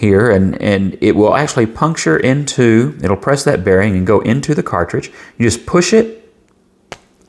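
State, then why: Seated. An ink cartridge is pushed onto a fountain pen's feed, where the feed's ink channel presses through the cartridge's sealing bearing. Someone talks for most of the clip, then after a short quiet a single sharp snap at 6.9 seconds marks the cartridge snapping into place, followed by faint ticks.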